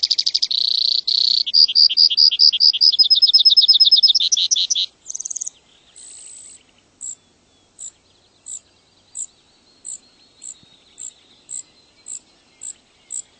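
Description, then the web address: Brewer's sparrow song opening with rich buzzy trills that slide in speed and pitch, then short buzzes, followed by thin high chips spaced about every half second. "birdweb sounds brsp"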